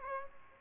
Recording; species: mosquito wingbeat signal from an infrared sensor; Aedes aegypti